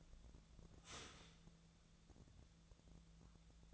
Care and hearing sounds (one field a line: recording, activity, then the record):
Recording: daily activity, microphone in the room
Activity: start toaster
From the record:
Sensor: 3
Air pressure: 1000.2 hPa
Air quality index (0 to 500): 155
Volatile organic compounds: 3 ppm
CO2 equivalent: 1372 ppm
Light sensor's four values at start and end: 36/93/39/42 and 36/93/39/42